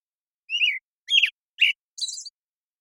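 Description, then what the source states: American Robin song: a falling whistled phrase, two richer notes, then a high, thin squeaky final note, all within about two seconds. Morning song in a very long sequence, Pacific Northwest, Washington, United States; parabolic microphone recording, processed clean for clarity with natural pacing and rhythm kept.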